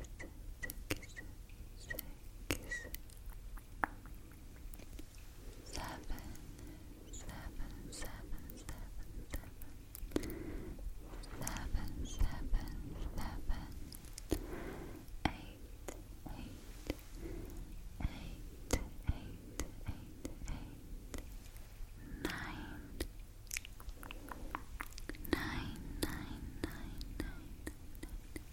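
Soft whispering mixes with close brushing against a microphone, broken by frequent crisp clicks and scratchy taps. A low, muffled rustling runs underneath and thickens around the middle and again near the end, all very close.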